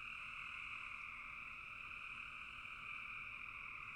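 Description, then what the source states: Frog: steady chorus of many frogs, high overlapping calls forming a seamless drone. Frogs in a bog.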